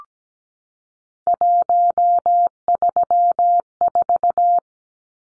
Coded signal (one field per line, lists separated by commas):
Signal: Morse code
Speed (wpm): 17 wpm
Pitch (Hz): 700 Hz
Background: none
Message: 134